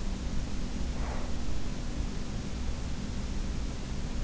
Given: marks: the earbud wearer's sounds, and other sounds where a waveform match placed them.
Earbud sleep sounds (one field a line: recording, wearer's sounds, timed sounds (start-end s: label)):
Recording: sounds in sleep by an in-ear microphone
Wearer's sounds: breath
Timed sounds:
0.59-3.32 s: sound from someone else or the room
0.74-3.32 s: breath